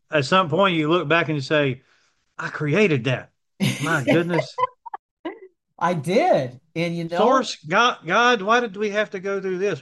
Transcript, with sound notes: at some point you look back and you say, "I created that."
(laughs)
My goodness.
I did. And, you know-
"Of course, god, god, why did we have to go through this?"